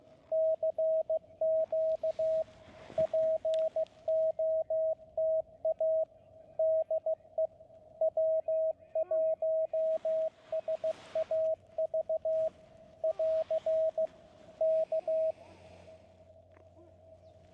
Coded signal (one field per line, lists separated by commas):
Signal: Morse code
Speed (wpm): 15 wpm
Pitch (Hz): 640 Hz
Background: radio noise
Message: CQ POTA DE W1SAV <AR> K